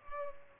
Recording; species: mosquito wingbeat signal from an infrared sensor; Culex pipiens